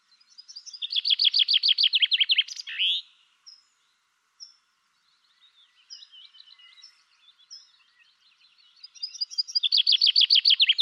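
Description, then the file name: Common chaffinch delivering two songs, each a bright trill, the first closing with an accented flourish and the second cut off before its end, with quiet high notes between them. "Fringilla coelebs"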